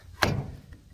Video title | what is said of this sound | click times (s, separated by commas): DIY Kayak Trailer | so these will actually just snap right in and out | 0.2 s